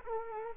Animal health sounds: mosquito wingbeat signal from an infrared sensor; Culex quinquefasciatus

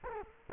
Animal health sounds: mosquito wingbeat signal from an infrared sensor; Culex quinquefasciatus

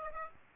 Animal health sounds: mosquito wingbeat signal from an infrared sensor; Aedes aegypti

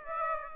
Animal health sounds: mosquito wingbeat signal from an infrared sensor; Aedes aegypti

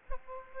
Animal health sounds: mosquito wingbeat signal from an infrared sensor; Aedes aegypti

